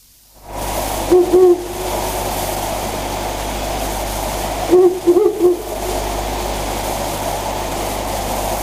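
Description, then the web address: Owl hooting in two short phrases of low, wavering hoots about four seconds apart, over a constant rushing background noise with a low hum. "birds fukurou"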